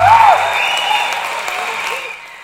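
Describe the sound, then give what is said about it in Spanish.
A crowd claps steadily for a couple of seconds for the winner of a prize, a dense patter of applause that holds fairly even and tapers slightly at the end, with faint voices mixed in. “Aplausos para él.”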